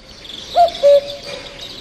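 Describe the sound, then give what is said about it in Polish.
A common cuckoo gives its two-note call once, a short hooting note followed by a slightly lower, longer one, over a steady hiss of insects in the background. “Jasne, kukułka.”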